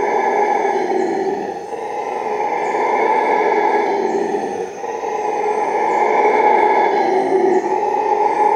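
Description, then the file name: Howler monkey howling in repeated rolling surges, each lasting a few seconds, a rough low roar that swells and briefly drops away. Howling at midnight. "Frisson de Minuit Singe Hurleur"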